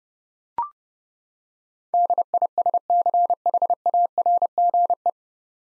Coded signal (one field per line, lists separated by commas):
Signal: Morse code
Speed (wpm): 32 wpm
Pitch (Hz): 700 Hz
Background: none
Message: DISCHARGE